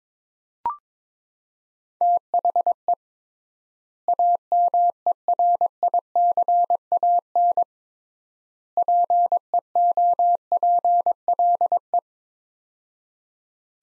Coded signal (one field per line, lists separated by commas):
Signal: Morse code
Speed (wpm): 22 wpm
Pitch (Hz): 700 Hz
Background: none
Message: THE AMERICAN PEOPLE